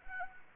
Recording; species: mosquito wingbeat signal from an infrared sensor; Anopheles arabiensis